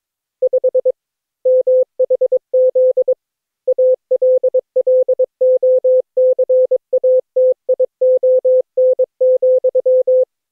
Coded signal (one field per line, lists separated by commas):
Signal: Morse code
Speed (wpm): 21 wpm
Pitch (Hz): 510 Hz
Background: none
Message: 5 MHZ ALLOCATION,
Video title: Daily Minutes, November 14, 2015, without the Contestia.